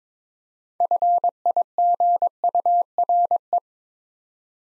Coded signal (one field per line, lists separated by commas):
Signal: Morse code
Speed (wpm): 22 wpm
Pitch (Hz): 700 Hz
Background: none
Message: FIGURE